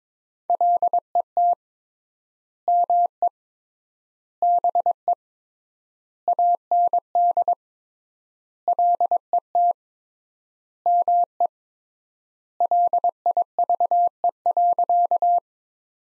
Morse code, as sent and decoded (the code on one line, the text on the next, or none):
.-.. . - / -- . / -... . / .- -. -.. / .-.. . - / -- . / .-.. .. ...- . .-.-.-
LET ME BE AND LET ME LIVE.